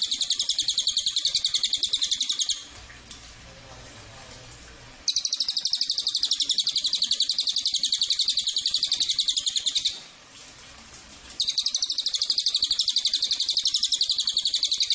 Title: MASTERAN AMPUH SUARA BURUNG CILILIN BISA JUGA PANCINGAN CILILIN